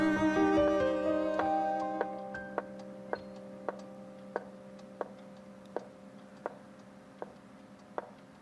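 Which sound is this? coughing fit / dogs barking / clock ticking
clock ticking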